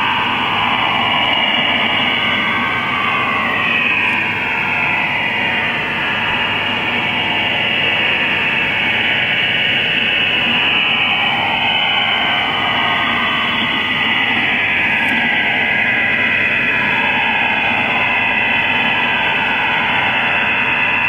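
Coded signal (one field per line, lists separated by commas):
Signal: HF data modem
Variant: STANAG 4285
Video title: IDR Rome Stanag 4285 - Shortwave 6333Khz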